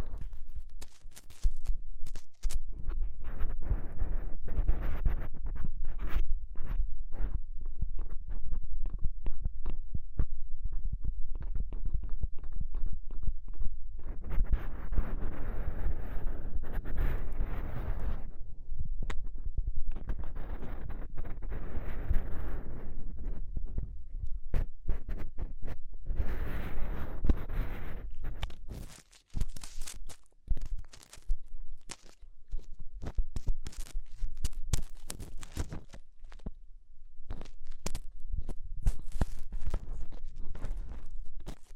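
Ear exploration sounds made of dense, crackly rubbing and tapping, with a constant low rumble underneath. Brighter, fuller scratching swells around 14–18 and 26–28 seconds, then a brief near-silence near 29 seconds gives way to sparser, choppier bursts.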